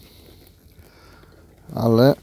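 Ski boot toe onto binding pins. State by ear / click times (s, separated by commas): not seated / none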